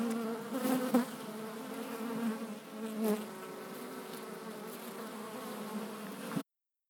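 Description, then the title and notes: Bee hum, a steady layered drone with a couple of brief louder passes early on, ending abruptly. Bees flying in February at 16°C to collect hazelnut pollen, Langel, Cologne, Germany. "Langel, Köln, Deutschland - Bienen im Februar. Bees in February. Bei 16°C fliegen die Bienen auch im Februar, um Haselnusspollen zu sammeln"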